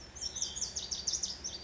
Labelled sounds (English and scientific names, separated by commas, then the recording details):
Lazuli Bunting (Passerina amoena)
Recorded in Sonoma County, California